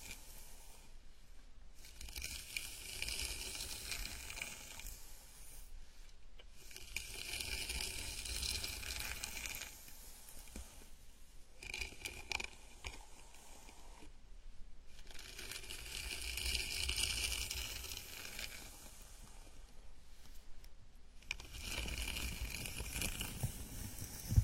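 Gentle scalp massage: soft, dense rustling and scratching of fingers through hair, coming in long strokes of several seconds each. Brief quiet gaps near 2, 6, 11, 14 and 21 seconds separate the passes, with a faint low rumble underneath throughout.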